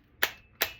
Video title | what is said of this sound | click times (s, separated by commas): Adding an eotech eflx to my Glock 45 #riptidearmory | three clicks oh that's on there nice and tight | 0.2 s, 0.6 s